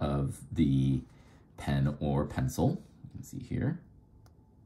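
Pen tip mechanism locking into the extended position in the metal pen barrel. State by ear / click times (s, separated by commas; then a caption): not seated / none. A Rotring 800 retractable pen's metal barrel is being twisted to extend the writing tip with its twist-and-lock mechanism while someone talks. Nothing has seated or clicked yet: the clip ends just before the tip locks into its extended position.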